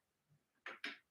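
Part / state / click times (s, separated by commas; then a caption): threaded bicycle part onto its mating thread / seated / 0.7 s, 0.8 s. A greased, threaded metal bicycle part prone to cross-threading is pressed down and turned backwards on its mating thread of a vintage Schwinn Varsity. Two sharp clicks are heard at 0.7 s and 0.8 s as the thread start drops into place. The part is seated on its thread.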